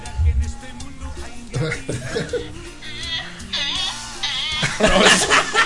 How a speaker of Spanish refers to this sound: ¿Qué es eso, güey? Es un burro. Ahí está. No, vamos a quitarlo. Parece otra cosa. Pero es un burro, chavos.